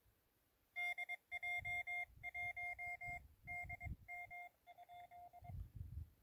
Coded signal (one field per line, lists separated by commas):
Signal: Morse code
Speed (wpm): 22 wpm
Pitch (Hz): 2100 Hz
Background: none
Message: DJ1DM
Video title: Prepper: Solar powered (tr)uSDX QRP (without any battery)